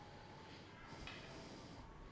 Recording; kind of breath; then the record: one breath in and out by a microphone near the nose and mouth; normal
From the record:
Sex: male